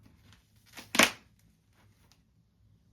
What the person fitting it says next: And I'm pretty sure you heard the snap.